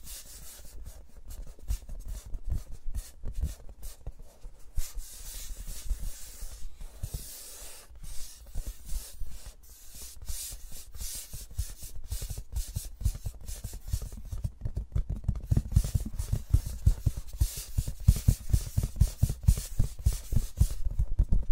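Fingers rubbing and scratching across microphones, a dense run of soft crackling scrapes and taps with bright hiss, growing busier and louder after fifteen seconds.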